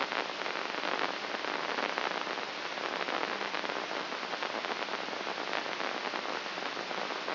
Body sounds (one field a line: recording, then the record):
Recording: brain microelectrode recording played as sound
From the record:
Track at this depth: outside the subthalamic nucleus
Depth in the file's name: 6.429 mm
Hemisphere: left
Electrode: 2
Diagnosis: Parkinson's disease